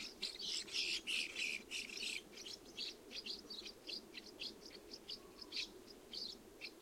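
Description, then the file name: Common house martin giving rapid, dry chirping calls, a dense burst of overlapping twitters at first, then sparser short chirps several per second, over a steady low hum. Recorded on 20 July 2012. "Delichon urbicum - 2012-07-20"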